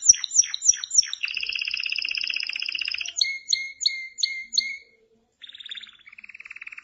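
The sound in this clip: Canary song: sharp downslurred chirps, then a long fast buzzy trill, spaced whistled notes, a pause, and more rolling trills.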